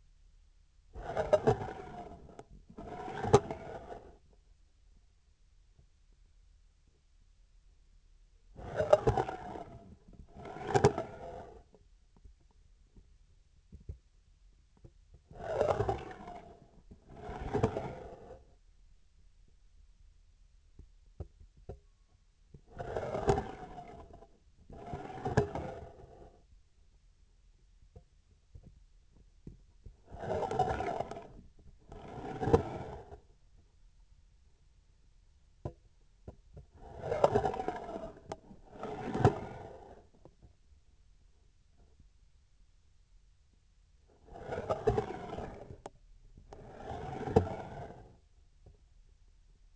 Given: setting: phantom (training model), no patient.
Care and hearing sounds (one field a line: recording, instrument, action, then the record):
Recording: laparoscopic instrument, vibration sensor on the handle end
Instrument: scissors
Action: approaching and retracting movements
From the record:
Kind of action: spatial motion